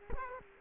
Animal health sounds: mosquito wingbeat signal from an infrared sensor; Culex quinquefasciatus

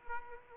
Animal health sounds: mosquito wingbeat signal from an infrared sensor; Aedes aegypti

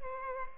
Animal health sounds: mosquito wingbeat signal from an infrared sensor; Culex pipiens

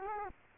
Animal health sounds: mosquito wingbeat signal from an infrared sensor; Culex quinquefasciatus

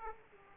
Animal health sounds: mosquito wingbeat signal from an infrared sensor; Aedes aegypti

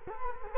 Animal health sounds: mosquito wingbeat signal from an infrared sensor; Culex quinquefasciatus

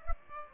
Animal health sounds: mosquito wingbeat signal from an infrared sensor; Aedes aegypti

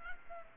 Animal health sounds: mosquito wingbeat signal from an infrared sensor; Culex pipiens

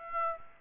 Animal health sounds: mosquito wingbeat signal from an infrared sensor; Aedes aegypti

